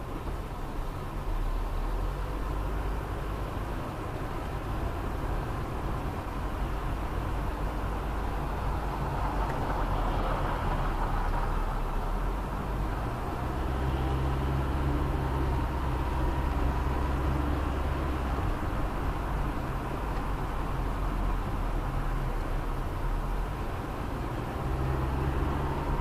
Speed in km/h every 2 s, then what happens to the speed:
15, 17, 22, 24, 24, 21, 20, 28, 31, 31, 28, 24, 26.
0-5 speeds up to 24. 5-12 steady at about 21. 12-16 speeds up to 31. 16-22 slows to 24.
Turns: none.